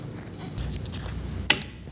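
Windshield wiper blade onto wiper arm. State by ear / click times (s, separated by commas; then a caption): seated / 1.5 s. A new windshield wiper blade for a 2021–2025 Jeep Grand Cherokee L, lined up with its curved side to the curved part of the wiper arm, is slid onto the arm's hook, with soft sliding and handling noise. It locks in with a sharp click at 1.5 s, and the blade is seated on the wiper arm.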